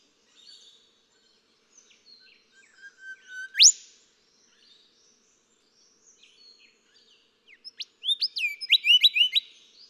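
Golden whistler song: steady whistles on one pitch ending in a loud upward whip, later a loud ringing phrase of quick whip notes, with soft high chatter between.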